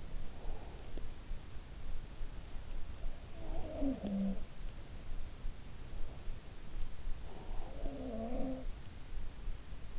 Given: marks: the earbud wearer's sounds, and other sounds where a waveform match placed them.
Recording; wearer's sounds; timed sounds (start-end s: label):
sounds in sleep by an in-ear microphone; breath, teeth grinding
0.00-1.00 s: breath
0.90-1.00 s: teeth grinding
3.13-4.61 s: sound from someone else or the room
7.44-8.93 s: sound from someone else or the room